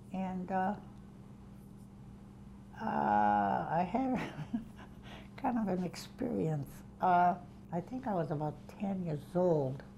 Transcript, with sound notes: And, uh, I had ( she laughs ) kind of an experience. I think I was about ten years old,